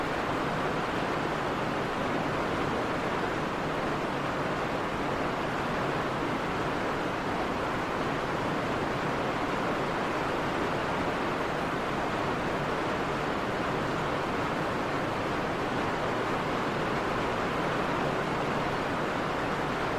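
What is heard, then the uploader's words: Heavy rain drums on a tin roof overhead in a thick, unbroken roar that holds the same loudness for the whole stretch. Countless drops blur into a dense hiss, mostly in the middle and upper range, with a soft low rumble beneath. Heavy Rain on a Tin Roof • Inside the Garden Shed. The rhythmic downpour of raindrops hitting the roof above creates gentle percussion, like a soft, melodic drumbeat. I captured this additive rain sound here at my cottage inside a small potting shed with a tin roof.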